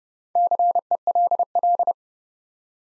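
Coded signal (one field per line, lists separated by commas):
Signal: Morse code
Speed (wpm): 30 wpm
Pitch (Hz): 700 Hz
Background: none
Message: CELL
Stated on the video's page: Four-letter words sent at 30 wpm for head-copy practice, each sent once, spoken, then sent again.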